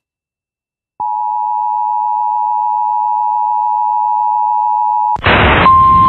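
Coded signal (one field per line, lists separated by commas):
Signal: Emergency Alert System (SAME) tones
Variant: 853 and 960 Hz attention tone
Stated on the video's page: Late relay of a particularly dangerous situation tornado warning.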